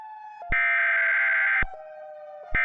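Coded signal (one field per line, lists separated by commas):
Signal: Emergency Alert System (SAME) tones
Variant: header bursts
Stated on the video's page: Simulated EAS alert, a mock scenario remade in a longer version.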